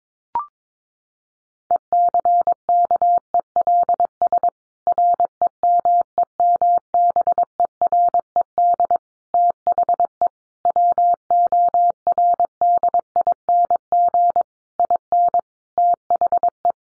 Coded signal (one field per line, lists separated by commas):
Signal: Morse code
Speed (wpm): 22 wpm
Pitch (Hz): 700 Hz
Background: none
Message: ECKELS REMEMBERED THE WORDING IN THE